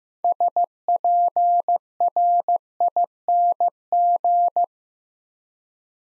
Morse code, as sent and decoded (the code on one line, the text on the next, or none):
... .--. .-. .. -. --.
SPRING